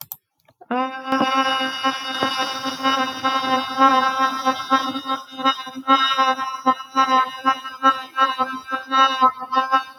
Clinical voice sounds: vowel held as long as possible; female; 30 to 39 years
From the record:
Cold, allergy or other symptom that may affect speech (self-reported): no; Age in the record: 30 years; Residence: Michigan, United States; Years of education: 16

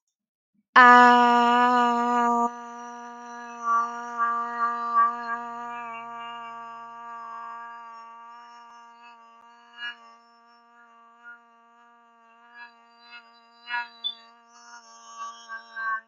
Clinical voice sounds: vowel held as long as possible; female; 20 to 29 years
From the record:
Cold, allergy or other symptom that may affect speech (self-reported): no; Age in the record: 25 years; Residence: California, United States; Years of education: 16

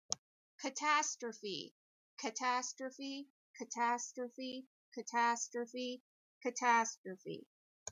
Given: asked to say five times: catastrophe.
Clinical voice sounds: repeated word; female; 30 to 39 years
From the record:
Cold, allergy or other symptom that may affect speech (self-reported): no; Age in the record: 37 years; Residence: Ohio, United States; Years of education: 16

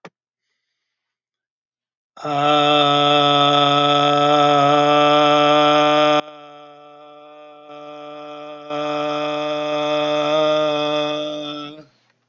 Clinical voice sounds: vowel held as long as possible; male; 40 to 49 years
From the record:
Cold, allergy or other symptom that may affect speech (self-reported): no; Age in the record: 48 years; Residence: Minnesota, United States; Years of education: 18

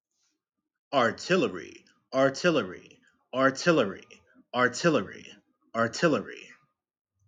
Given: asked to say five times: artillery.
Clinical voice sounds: repeated word; male; 20 to 29 years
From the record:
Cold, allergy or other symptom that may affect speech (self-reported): no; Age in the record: 22 years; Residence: Maryland, United States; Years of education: 13

